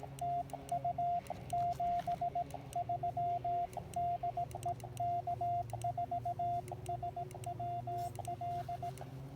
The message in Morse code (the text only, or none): TU 73 DE K4SWL